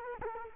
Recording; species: mosquito wingbeat signal from an infrared sensor; Culex quinquefasciatus